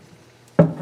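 While rebuilding a KA24DEAT cylinder head in the car, the valve spring compressor is lifted and the second steel valve keeper snaps into its seat in the spring retainer on the valve stem. After a quiet stretch with a low steady hum, a single sharp metallic hit rings out at 0.6 s and fades over the following quarter second. The keeper is seated.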